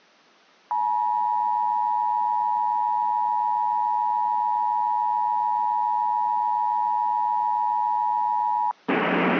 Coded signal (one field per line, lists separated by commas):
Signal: Emergency Alert System (SAME) tones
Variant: 853 and 960 Hz attention tone